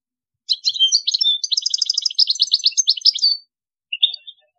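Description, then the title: European goldfinch song, a three-second run of rapid liquid twitters and trilled notes, followed by short chirps. "Chant Chardonneret"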